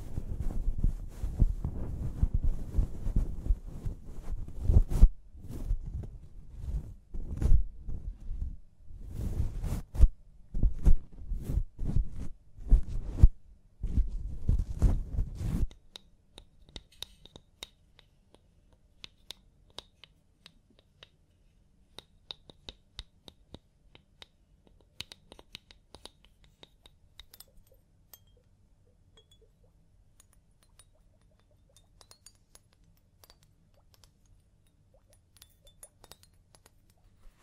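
Scalp massage with loud, rhythmic rubbing and scratching strokes for the first fifteen seconds, each burst thick and low-heavy, coming in quick clusters with brief pauses. Then the rubbing stops, leaving a quiet low hum with sparse faint clicks and taps.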